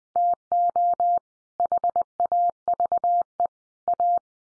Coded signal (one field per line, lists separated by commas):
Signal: Morse code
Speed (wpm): 20 wpm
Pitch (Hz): 700 Hz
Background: none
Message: TO HAVE A